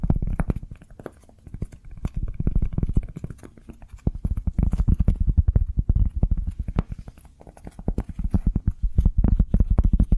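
Cork being tapped, rubbed and handled in dense, uneven bursts of soft low knocks and scratchy clicks, with brief quieter pauses around four and seven seconds.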